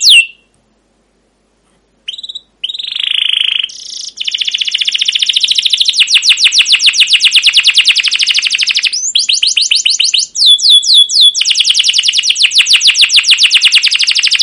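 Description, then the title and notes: Canary song: a short note, a pause, a buzzy phrase, then a long fast trill of rapid repeated chips interrupted by brief swooping whistled slurs. Canary song used as a lure and tutor for teaching young canaries, with long continuous chirping. "CUIT CUIT NGEROL LANGSUNG GACOR PANJANG Kenari Ini AMPUH Utk Pancingan KENAR. PANCINGAN Kenari GACOR PANJANG Cuit CUIT EMOSI ini AMPUH utk MASTERAN Kenari PAUD belajar BUNYI. burung kenari"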